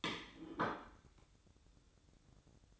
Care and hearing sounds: daily activity, microphone in the room; place plate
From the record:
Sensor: 3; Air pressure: 1007.5 hPa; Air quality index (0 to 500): 52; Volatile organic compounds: 1 ppm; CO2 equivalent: 584 ppm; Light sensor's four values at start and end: 9/21/8/8 and 9/21/8/8

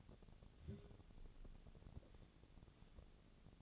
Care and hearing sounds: daily activity, microphone in the room; take from stove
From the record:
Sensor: 4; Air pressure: 1000.8 hPa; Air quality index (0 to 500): 123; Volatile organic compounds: 1 ppm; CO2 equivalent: 926 ppm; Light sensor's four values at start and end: 46/111/47/53 and 46/112/47/53

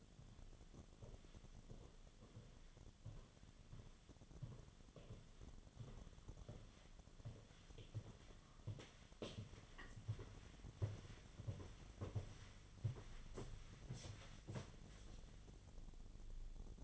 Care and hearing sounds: daily activity, microphone in the room; walk to room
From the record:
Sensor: 4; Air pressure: 1010.9 hPa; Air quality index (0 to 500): 162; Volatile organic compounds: 4 ppm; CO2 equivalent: 1654 ppm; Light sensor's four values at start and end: 44/124/50/52 and 42/119/48/50

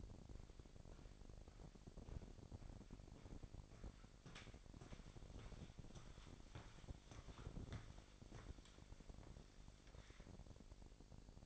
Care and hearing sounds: daily activity, microphone in the room; walk to room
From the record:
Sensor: 5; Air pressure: 1012.3 hPa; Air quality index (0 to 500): 235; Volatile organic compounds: 4 ppm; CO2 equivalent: 1562 ppm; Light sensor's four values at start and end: 57/134/56/59 and 56/127/54/59

